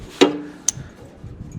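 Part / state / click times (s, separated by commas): spark plug wire boot onto spark plug terminal / seated / 0.7 s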